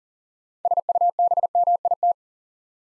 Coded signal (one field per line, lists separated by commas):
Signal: Morse code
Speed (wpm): 38 wpm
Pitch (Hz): 700 Hz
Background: none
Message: SUBMIT